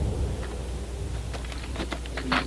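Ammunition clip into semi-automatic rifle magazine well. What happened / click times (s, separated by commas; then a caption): A metal clip clicked fully into its well after a run of smaller clicks / 2.2 s. A loaded steel en bloc clip is pushed down with the thumb into the magazine well of an M1 Garand rifle until it catches. A run of small metallic clicks ends in the seating click at 2.2 seconds, and the clip is fully seated.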